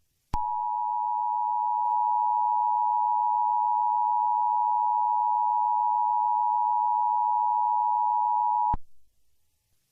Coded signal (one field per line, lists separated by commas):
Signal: Emergency Alert System (SAME) tones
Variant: 853 and 960 Hz attention tone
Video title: EAS Scenario Playhouse Disney